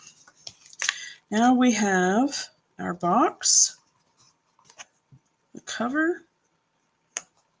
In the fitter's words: much better did you hear it click that time that was awesome